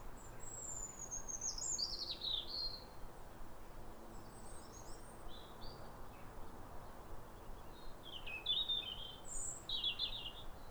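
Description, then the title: European robin song: a descending thin whistle running into a warbled trill, followed by scattered high sweet phrases separated by pauses, against faint background noise. Pair of robins in neighbouring gardens singing back and forth, like a duet, at a clear, calm New Year sunrise in winter after weeks of rain, welcoming the early sun. "Sound Escape. chorus of New Year's robins"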